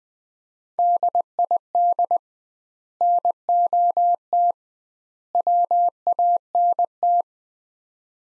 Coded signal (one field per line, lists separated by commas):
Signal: Morse code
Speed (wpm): 21 wpm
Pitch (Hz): 700 Hz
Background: none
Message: DID NOT WANT